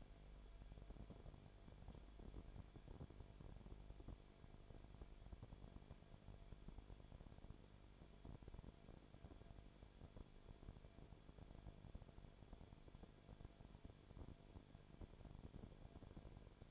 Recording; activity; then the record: daily activity, microphone in the room; no activity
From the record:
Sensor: 5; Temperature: 19.8 degrees Celsius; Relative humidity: 35.7%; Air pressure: 1003.4 hPa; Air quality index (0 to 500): 57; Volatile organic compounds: 1 ppm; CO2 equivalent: 636 ppm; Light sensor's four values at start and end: 2/3/1/1 and 2/3/1/1